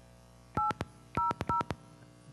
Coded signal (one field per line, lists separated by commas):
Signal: DTMF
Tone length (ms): 140 ms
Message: 800